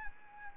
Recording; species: mosquito wingbeat signal from an infrared sensor; Anopheles arabiensis